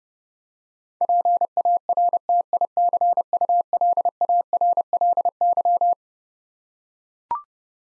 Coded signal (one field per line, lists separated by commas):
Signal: Morse code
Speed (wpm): 32 wpm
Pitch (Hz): 700 Hz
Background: none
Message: PARTICULARLY